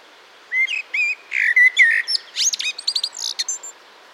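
Eurasian blackbird singing a mellow, fluted warble of low whistled notes that breaks into a rapid run of high, scratchy squeaks and twitters.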